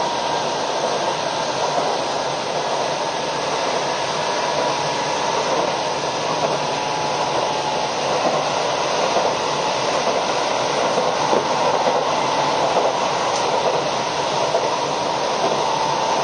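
A Keio 5000 series train runs on the line between Motoyawata and Hashimoto, giving a steady, dense rushing roar with a faint humming tone in the middle. The level stays even throughout, with only light rattles and clicks mixed in around the middle.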